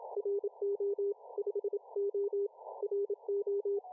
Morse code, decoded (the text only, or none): RO5O RO